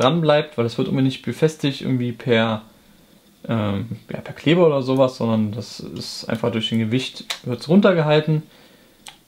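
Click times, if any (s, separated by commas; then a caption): 9.1 s. A BenQ ScreenBar monitor light bar is pushed into its weighted plastic monitor clip mount, which is held in place by its weight rather than adhesive. Someone talks throughout, and the light bar latches with one short click at 9.1 s, seating it in the mount.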